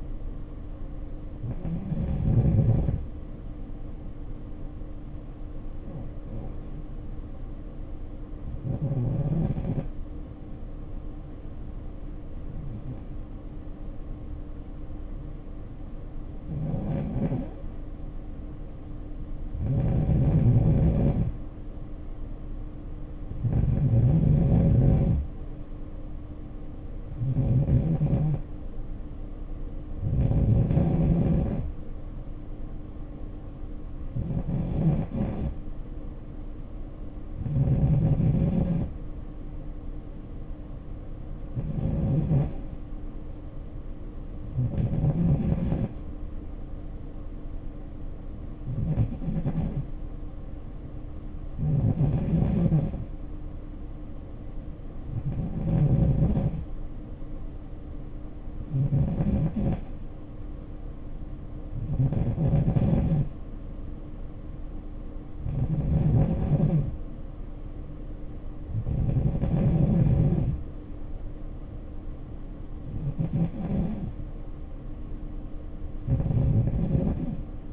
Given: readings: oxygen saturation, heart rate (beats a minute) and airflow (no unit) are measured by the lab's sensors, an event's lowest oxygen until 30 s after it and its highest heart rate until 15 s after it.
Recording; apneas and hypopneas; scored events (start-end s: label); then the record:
breathing in sleep by a smartphone at the bedside; 2
8.00-23.10 s: hypopnea (N2, oxygen 94% highest, then 88% lowest, heart rate 57 at the start, 61 highest)
35.00-66.60 s: hypopnea (N2, oxygen 94% highest, then 92% lowest, heart rate 60 at the start, 60 highest)
From the record:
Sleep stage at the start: N2 (light sleep); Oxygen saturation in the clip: 88 to 94%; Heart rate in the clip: 56 to 61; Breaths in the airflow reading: 22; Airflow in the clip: -7.3 to 3.8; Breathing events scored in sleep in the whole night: 520 in 7.2 hours asleep